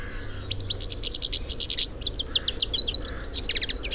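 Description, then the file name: European goldfinch calls: a fast, continuous run of high, tinkling twittered notes that rise and fall, with faint low rumble behind. "Carduelis carduelis"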